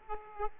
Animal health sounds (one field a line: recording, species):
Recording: mosquito wingbeat signal from an infrared sensor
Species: Aedes aegypti